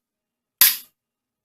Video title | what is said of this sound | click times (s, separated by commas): SW MP 15 Disassembly and Reassembly | that click that's what we want to hear so | 0.6 s